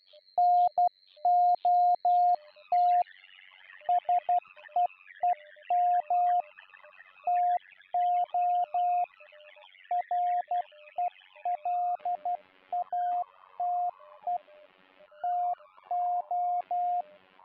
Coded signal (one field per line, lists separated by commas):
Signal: Morse code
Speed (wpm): 12 wpm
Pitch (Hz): 710 Hz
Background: music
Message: NOT SEEM TO RELATE TO